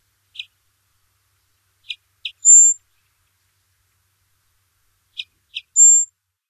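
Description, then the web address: Rufous-winged sparrow song: soft chip notes, then a high, thin, level sound, the phrase given twice on a silent background. North America. "Songs of Birds of North America Stokes. Rufous-winged Sparrow"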